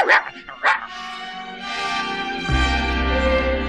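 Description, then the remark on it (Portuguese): A small mongrel dog, Cacá, on his birthday gives two quick, high-pitched yaps in the first second, then a steady, sustained musical tone swells in and holds to the end. “A nossa história de hoje começa com o aniversário de Cacá, o cachorrinho vira-lata mais engraçado do mundo.”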